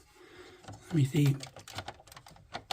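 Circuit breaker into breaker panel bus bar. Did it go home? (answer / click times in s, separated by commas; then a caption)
yes / 2.7 s. A new circuit breaker with spring clips is pushed onto the bus bar in an electrical panel while someone talks. A few small ticks and scrapes from handling the breaker lead up to a loud, sharp snap at 2.7 s as it seats.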